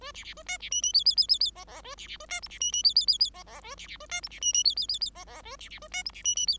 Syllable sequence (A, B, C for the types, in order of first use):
A B B A C B D D E E E E E F F A B B A C G B D D E E E E F F A B B A C G B D D E E E E F F A B B A C G B D D E